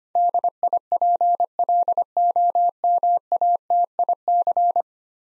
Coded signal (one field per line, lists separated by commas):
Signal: Morse code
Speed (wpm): 25 wpm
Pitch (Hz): 700 Hz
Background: none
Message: DIPLOMATIC